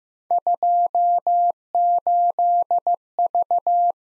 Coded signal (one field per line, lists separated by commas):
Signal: Morse code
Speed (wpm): 18 wpm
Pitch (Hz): 700 Hz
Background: none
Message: 28V